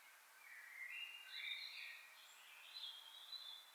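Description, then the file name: Common blackbird song: soft, continuous warbled and whistled phrases at mid-high pitch, heard over steady background hiss. "Turdus merula"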